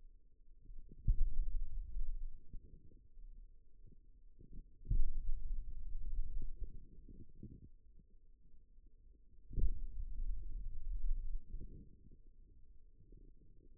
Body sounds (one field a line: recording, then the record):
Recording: forearm muscle sounds (acoustic myography)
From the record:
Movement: finger pinch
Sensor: system 2, bracelet of six BSWA MPA416 microphones around the upper forearm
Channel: 1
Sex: male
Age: 22 years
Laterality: right